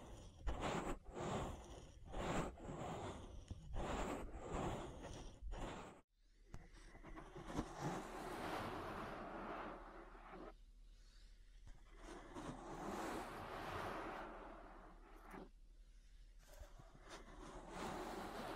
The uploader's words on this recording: ASMR Relaxing Ear Massage. (No Talking).